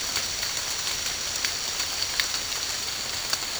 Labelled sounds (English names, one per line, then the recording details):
none
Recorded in dense forest near Puerto Asís, Putumayo, Colombia, on 21 March 2025 at 15:30
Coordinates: 0.485, -76.318
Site G056